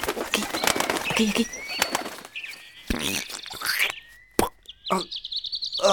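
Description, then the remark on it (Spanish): A small bird chirps in short, high whistling notes and thin trills, with a sharp click partway through and a brief shouted word near the start. “¡Pajarito!”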